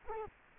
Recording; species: mosquito wingbeat signal from an infrared sensor; Culex quinquefasciatus